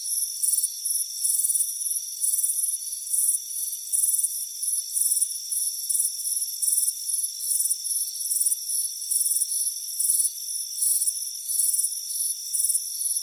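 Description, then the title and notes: Crickets chirp in a fast run of high rasping pulse bursts over constant high-pitched background tones. Crickets chirping on a warm afternoon by a front porch. "Soothing Crickets Chirping Sound. It's a warm afternoon as you relax in a hammock on the front porch. Relax and fall asleep to the soothing sound of chirping crickets. Deep Sleep Sounds"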